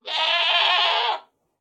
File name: 山羊尖叫声